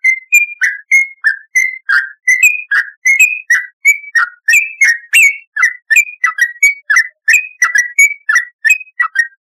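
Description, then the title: Yellow-vented bulbul delivering a long run of clear whistled notes, roughly three a second, most notes bending down in pitch. "Trucukan"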